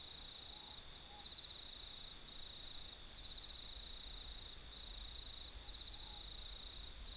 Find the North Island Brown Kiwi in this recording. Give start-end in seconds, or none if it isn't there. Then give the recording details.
none. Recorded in New Zealand